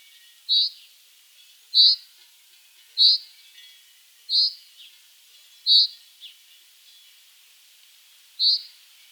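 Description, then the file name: Common chaffinch repeating a sharp, clipped pink note at slightly uneven intervals of one to three seconds, six calls over a quiet background. "Fringilla coelebs"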